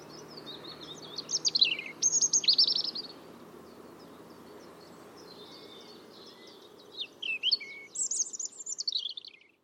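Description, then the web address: European robin song: high warbled phrases with descending whistled slides, a few seconds of quiet, then another thin tumbling phrase of trills and sliding notes; faint low hum. "Deverinetal 2025 File origin Bird Only Er Ru"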